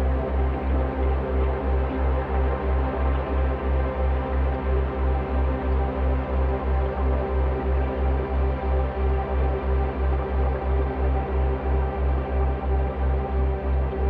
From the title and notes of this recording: This is a two hour binaural at 3 Hz on a carrier of 65.4 Hz (in the key of C). It's based off a field recording of the full duty cycle of a Bosch Dishwasher, slowed down and resonated into a swirling, evolving drone.